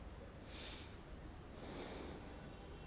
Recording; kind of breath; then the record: one breath in and out by a microphone near the nose and mouth; normal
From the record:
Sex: male